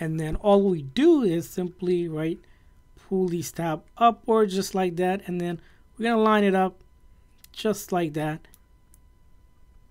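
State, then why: Seated. Someone talks while pulling the tab of a silicone ear tip upward to remove it from an AirPods Pro wireless earbud nozzle, then lines up a bigger replacement tip, swapped in for the medium size, on the second earbud. The tip is pressed on and a sharp, quiet click at 8.9 s confirms it has seated, followed by a fainter sound near the end.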